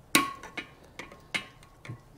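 A second steel circlip is pushed with needle-nose pliers into the groove in the wrist pin bore of a piston from a Chevy 2.2 Ecotec engine to retain the pin. It snaps into place with a sharp metallic click at 0.1 s, followed by several fainter ticks and taps. The circlip is seated.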